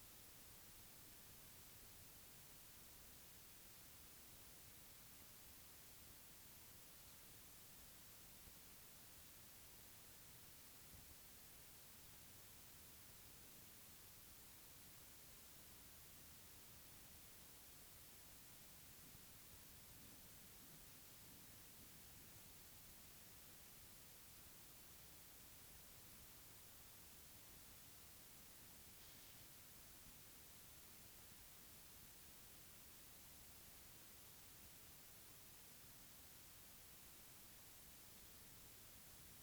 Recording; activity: daily activity, guitar pickup as the sensor; sit